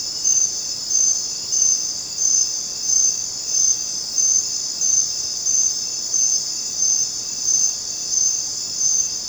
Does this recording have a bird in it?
no